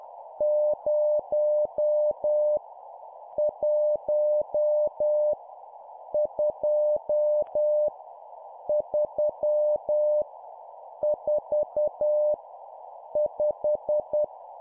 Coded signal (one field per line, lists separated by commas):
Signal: Morse code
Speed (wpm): 10 wpm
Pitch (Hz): 600 Hz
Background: none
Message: 0 1 2 3 4 5